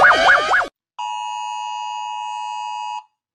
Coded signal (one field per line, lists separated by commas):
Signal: Emergency Alert System (SAME) tones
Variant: 853 and 960 Hz attention tone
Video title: OLD VIDEOS ARCHIVE #3: Rating EAS alarms by how scary they are! HEADPHONE VOLUME WARNING!